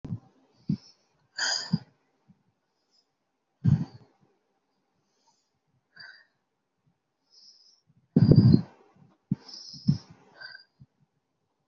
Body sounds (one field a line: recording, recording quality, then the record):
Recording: deep breathing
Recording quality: excellent, no background noise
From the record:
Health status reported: healthy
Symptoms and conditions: hypertension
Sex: female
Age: 47 years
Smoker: not ticked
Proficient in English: yes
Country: India